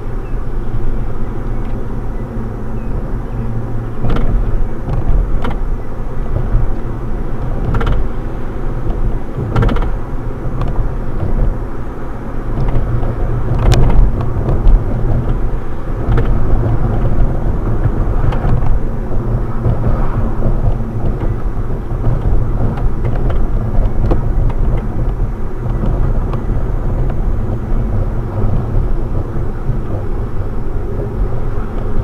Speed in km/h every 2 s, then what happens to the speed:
53, 53, 53, 55, 56, 58, 56, 56, 55, 52, 48, 47, 47, 48, 50, 52.
0-11 steady at about 53. 11-22 slows to 47. 22-32 steady at about 48.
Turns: none.